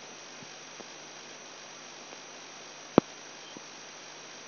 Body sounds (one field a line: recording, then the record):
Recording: brain microelectrode recording played as sound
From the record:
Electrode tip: outside the subthalamic nucleus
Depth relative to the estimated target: -8 mm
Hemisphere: right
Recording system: AlphaMap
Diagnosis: Parkinson's disease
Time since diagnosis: 10 years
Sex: male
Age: 58 years